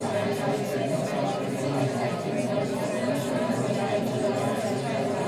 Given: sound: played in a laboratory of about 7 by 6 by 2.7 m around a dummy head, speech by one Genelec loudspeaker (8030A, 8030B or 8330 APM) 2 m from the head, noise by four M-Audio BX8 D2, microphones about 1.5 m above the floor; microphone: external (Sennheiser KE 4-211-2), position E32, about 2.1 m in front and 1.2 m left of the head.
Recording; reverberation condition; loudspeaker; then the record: babble noise; low; four, about 170 cm from the corners of the room and facing them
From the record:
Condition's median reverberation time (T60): about 310 ms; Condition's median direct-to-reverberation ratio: about 3.5 dB